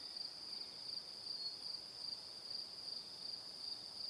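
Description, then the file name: Brief stretch of cricket chirping: a thin, high, evenly pulsed trill over soft hiss. "Calm - Evening Crickets"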